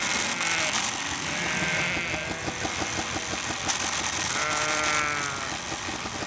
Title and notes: Les moutons du bout du monde En Terre de Feu, à la pointe australe du continent américain. Chaque année, au moment de la tonte, les bergers sillonnent les champs en hurlant pour pousser les moutons vers la ferme centrale. Enregistrements : janvier 08